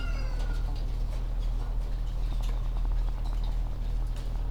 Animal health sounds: poultry house recording; sick chickens (respiratory disease)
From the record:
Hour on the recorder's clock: 17

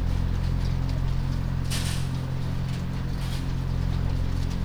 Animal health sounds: poultry house recording; no chicken sound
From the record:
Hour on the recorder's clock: 1

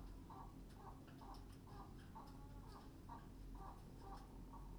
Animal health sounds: poultry house recording; healthy chickens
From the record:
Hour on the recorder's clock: 21

